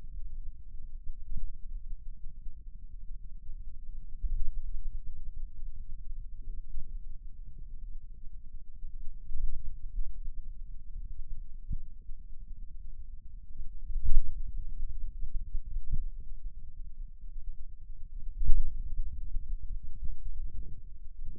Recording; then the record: forearm muscle sounds (acoustic myography)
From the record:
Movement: finger pinch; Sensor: system 2, bracelet of six BSWA MPA416 microphones around the upper forearm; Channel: 1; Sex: male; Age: 22 years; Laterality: right